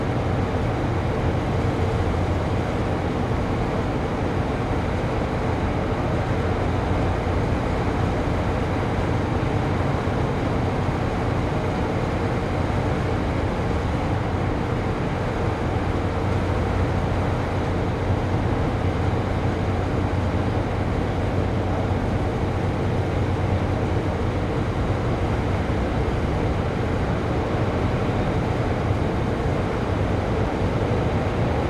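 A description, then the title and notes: Night city sound heard from an open window downtown: a steady, dense low rumble of traffic fills the whole stretch without clear breaks. A faint low hum runs beneath it, and the level stays even, with no sharp events. Quite City. Sounds from a window in downtown Chicago at night.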